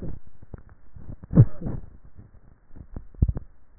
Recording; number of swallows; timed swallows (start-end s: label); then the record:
swallowing sounds by neck microphone; 1
2.88-3.65 s: swallow
From the record:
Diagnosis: dysphagia